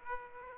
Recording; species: mosquito wingbeat signal from an infrared sensor; Aedes aegypti